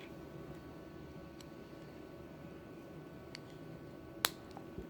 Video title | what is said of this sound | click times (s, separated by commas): 2012 - 2014 Toyota Camry key battery replacement | the new battery clicks | 4.2 s